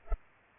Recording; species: mosquito wingbeat signal from an infrared sensor; Culex pipiens